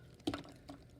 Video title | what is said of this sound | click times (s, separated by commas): Masterpiece movie series Mpm 11 ratchet review | that should and there we go now that bumper is locked in place | 0.3 s